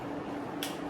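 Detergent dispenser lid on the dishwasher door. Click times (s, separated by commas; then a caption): 0.6 s. A plastic detergent dispenser lid on the door of a Bosch 14 place dishwasher is pushed down after a tablet is placed in the compartment. It snaps shut with a sharp, bright click at 0.6 s over a steady low hum, and the lid locks.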